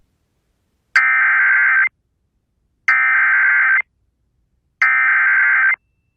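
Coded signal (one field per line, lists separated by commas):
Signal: Emergency Alert System (SAME) tones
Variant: header bursts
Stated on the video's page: Real alerts received during a severe weather outbreak.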